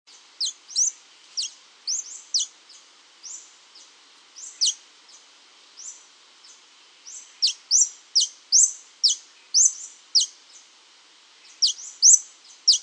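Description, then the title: Scale-throated Hermit giving high, sharp squeaky notes that sweep steeply downward, delivered in irregular clusters with brief pauses between them. Nominate subspecies Phaethornis eurynome eurynome. "LuckyPassaro Completos2Sama. Scale-throated Hermit (Phaethornis eurynome eurynome)"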